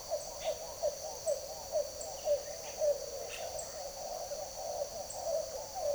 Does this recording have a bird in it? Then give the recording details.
yes. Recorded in secondary vegetation near Puerto Asís, Putumayo, Colombia, on 19 June 2025 at 08:00. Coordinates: 0.489, -76.322. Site G021